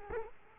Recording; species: mosquito wingbeat signal from an infrared sensor; Culex quinquefasciatus